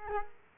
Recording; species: mosquito wingbeat signal from an infrared sensor; Culex quinquefasciatus